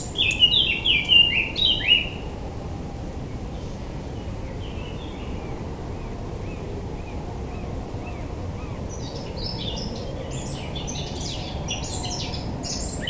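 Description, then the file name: Eurasian blackcap song: a loud fluty phrase of quick, sliding notes for two seconds, then faint repeated notes and a later jumble of high, scratchy notes over steady background hiss. "Sylvia atricapilla"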